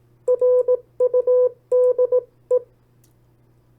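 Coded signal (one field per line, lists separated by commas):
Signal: Morse code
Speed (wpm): 17 wpm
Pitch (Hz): 500 Hz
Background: none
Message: RUDE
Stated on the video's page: Morse copy practice of opposite words sent at 18 WPM and 14 WPM.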